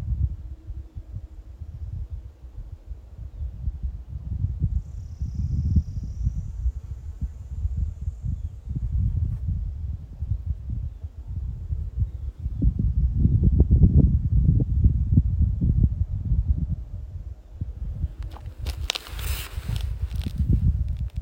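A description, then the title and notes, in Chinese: Outdoors in a mountain valley by a lake, a deep, steady wind rumble buffets the recording throughout, swelling around the middle. A thin, faint high whistle drifts in between about five and nine seconds, and a bright rushing burst comes near the end. 山谷 洱海。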